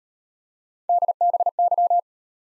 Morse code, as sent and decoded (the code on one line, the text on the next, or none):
-.. -... -.--
DBY